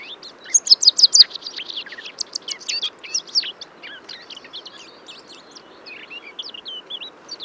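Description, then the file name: Eurasian blackcap song: a loud burst of quick high notes, then a long rambling stream of softer twittering and scratchy warbled phrases. "Sylvia atricapilla"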